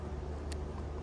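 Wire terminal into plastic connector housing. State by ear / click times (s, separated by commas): not seated / none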